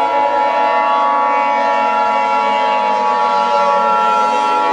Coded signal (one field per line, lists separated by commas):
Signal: Emergency Alert System (SAME) tones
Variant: 853 and 960 Hz attention tone